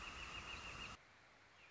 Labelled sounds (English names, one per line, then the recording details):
Northern Flicker
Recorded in Sonoma County, California